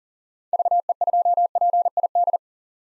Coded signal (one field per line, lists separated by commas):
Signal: Morse code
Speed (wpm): 37 wpm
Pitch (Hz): 700 Hz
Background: none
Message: VE2PID